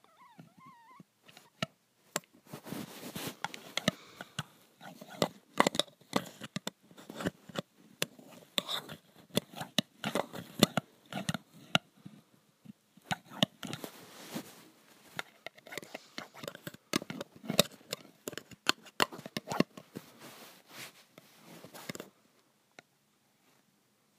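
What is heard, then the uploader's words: Graphite scrapes and taps across metal in a dense run of short, scratchy strokes, crisp and bright, coming in quick irregular bursts from about the first second to roughly 22 seconds. Near the start a faint wavering whine is heard; the strokes then thin out and stop. ASMR Graphite on Metal.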